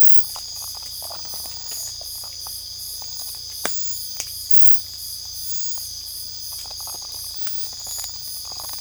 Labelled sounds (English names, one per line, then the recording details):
none
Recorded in secondary vegetation near Puerto Asís, Putumayo, Colombia, on 16 December 2024 at 04:30
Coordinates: 0.499, -76.323
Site G010